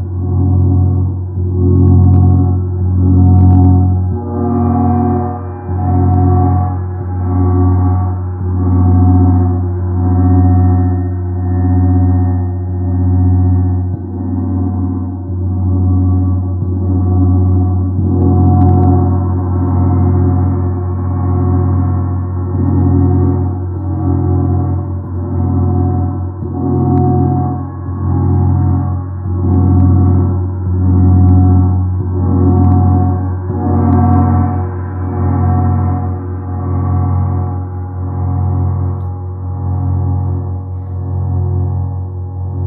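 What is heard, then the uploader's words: A large gong hums continuously for the whole stretch, its deep, dense tones layered low with a softer metallic shimmer above. Gentle, regular swells pulse about once or twice a second, keeping the sound rolling and full without sharp strikes or silences. Peaceful sounds of Jupiter Gong.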